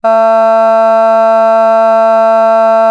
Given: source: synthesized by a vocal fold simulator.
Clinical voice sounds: sustained vowel; female; vocal strain, level 3 of 10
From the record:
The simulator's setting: 0.22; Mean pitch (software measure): 224 Hz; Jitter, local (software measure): 0.18%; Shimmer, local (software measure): 0.7%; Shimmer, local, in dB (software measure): 0.06 dB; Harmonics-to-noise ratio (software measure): 34.1 dB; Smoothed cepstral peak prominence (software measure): 20.6 dB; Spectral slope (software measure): -20.6 dB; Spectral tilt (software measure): -8.3 dB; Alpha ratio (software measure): -11.1 dB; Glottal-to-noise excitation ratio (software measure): 0.993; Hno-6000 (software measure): 2.5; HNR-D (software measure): 42.3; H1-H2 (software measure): 4.3 dB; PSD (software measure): 8.7e-06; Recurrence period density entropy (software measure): 0.147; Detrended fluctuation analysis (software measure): 0.0121

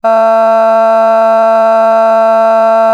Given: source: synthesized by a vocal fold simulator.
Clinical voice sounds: sustained vowel; female; a random mix of aspiration noise, stiffness perturbation and strain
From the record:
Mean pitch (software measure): 224 Hz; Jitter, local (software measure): 0.65%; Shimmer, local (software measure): 2.3%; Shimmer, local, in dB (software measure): 0.20 dB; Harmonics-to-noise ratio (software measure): 23.3 dB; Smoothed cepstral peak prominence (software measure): 19.3 dB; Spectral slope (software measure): -20.5 dB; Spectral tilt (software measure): -9.4 dB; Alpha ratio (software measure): -11.0 dB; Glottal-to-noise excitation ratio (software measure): 0.977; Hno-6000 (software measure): 2.2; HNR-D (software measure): 40.6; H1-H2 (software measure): 3.0 dB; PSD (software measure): 2.7e-05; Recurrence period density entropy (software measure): 0.130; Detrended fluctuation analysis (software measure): 0.0121

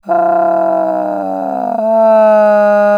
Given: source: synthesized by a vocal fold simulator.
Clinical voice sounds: sustained vowel; female; asymmetry, level 21 of 51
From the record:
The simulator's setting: 3.00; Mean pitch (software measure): 206 Hz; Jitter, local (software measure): 1.30%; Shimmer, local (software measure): 5.3%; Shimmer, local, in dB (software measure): 0.73 dB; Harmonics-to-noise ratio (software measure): 18.2 dB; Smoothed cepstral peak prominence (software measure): 13.1 dB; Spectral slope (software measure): -25.3 dB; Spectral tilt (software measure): -12.1 dB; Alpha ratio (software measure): -15.7 dB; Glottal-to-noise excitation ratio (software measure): 0.932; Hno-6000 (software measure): 2.4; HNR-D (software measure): 27.6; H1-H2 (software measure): 3.7 dB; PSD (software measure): 2.1e-03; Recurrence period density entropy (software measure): 0.110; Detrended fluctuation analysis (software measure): 0.0288

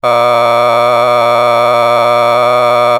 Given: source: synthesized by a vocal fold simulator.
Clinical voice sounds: sustained vowel; male; a random mix of aspiration noise, stiffness perturbation and strain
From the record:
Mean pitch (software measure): 120 Hz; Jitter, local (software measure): 1.54%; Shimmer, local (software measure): 3.7%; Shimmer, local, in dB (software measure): 0.33 dB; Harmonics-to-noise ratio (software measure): 12.8 dB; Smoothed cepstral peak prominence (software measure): 17.9 dB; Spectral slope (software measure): -13.1 dB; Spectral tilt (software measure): -10.1 dB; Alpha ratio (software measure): -3.6 dB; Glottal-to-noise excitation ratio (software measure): 0.988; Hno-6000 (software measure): 2.0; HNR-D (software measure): 25.6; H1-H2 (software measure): 1.5 dB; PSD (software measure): 1.7e-04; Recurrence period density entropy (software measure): 0.121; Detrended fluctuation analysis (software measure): 0.0295

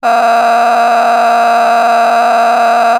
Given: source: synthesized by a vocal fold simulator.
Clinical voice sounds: sustained vowel; female; a random mix of aspiration noise, stiffness perturbation and strain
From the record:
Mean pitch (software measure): 233 Hz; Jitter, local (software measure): 2.94%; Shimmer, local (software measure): 12.7%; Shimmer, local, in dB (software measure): 1.17 dB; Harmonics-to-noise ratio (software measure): 9.7 dB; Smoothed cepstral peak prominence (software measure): 11.2 dB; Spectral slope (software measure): -17.6 dB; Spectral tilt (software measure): -9.5 dB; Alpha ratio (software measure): -8.0 dB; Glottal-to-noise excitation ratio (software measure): 0.927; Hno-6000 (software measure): 1.8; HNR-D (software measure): 30.1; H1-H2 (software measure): -4.2 dB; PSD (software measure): 1.3e-04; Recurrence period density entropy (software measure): 0.122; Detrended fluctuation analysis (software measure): 0.0106

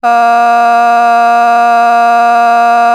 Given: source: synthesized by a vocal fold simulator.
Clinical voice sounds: sustained vowel; female; vocal strain, level 6 of 10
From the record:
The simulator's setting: 0.56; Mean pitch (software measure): 235 Hz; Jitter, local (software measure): 0.53%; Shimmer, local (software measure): 3.1%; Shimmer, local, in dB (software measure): 0.27 dB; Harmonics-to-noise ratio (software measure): 24.5 dB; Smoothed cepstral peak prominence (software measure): 20.7 dB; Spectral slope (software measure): -17.9 dB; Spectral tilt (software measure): -7.5 dB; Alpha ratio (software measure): -8.4 dB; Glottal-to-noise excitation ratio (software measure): 0.985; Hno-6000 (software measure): 1.9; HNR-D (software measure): 42.0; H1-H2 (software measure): -1.3 dB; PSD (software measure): 3.2e-05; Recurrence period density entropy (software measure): 0.118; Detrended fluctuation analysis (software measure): 0.0106

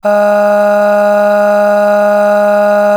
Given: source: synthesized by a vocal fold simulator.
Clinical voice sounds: sustained vowel; female; aspiration noise (breathiness), level 7 of 10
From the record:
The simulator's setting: 1.57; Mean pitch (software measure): 206 Hz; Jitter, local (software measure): 0.53%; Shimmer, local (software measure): 6.3%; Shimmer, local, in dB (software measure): 0.55 dB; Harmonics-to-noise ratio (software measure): 19.1 dB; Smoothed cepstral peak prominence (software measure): 13.9 dB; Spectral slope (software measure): -21.5 dB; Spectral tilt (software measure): -7.5 dB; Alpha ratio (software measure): -12.0 dB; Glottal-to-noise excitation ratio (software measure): 0.875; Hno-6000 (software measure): 2.0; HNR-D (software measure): 39.7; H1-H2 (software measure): 9.5 dB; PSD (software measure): 2.4e-05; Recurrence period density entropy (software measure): 0.114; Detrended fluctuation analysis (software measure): 0.0275

